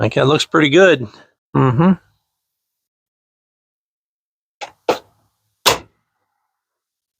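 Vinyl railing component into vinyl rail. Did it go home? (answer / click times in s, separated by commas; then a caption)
yes / 4.6 s, 4.9 s. Vinyl railing components (balusters/brackets) are pushed into a vinyl rail, and someone talks before it. Two sharp snaps are heard at 4.6 s and 4.9 s as the parts seat firmly in place, followed by another short sound near 5.7 s.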